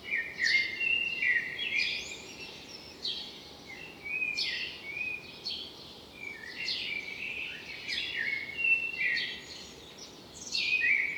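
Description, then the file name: Common blackbird song: phrases with high scratchy twitters, given again and again with short pauses, amid a continuous noisy background. "Turdus merula"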